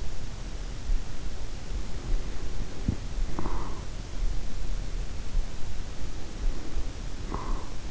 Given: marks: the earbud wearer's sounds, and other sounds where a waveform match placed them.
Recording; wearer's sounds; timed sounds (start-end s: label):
sounds in sleep by an in-ear microphone; breath
1.87-4.15 s: breath
5.55-7.91 s: breath